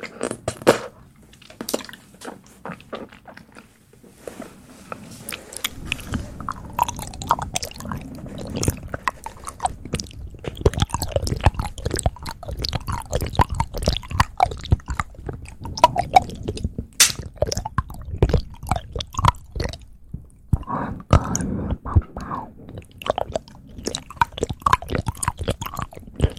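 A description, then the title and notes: Wet mouth sounds and chewing fill the recording, a dense run of sharp clicks, smacks and crunchy bites. It starts sparse for about five seconds, then grows busier and louder, with quick irregular bursts continuing to the end and a brief lull near twenty seconds. ASMR Relaxing triggers & Mouth sounds.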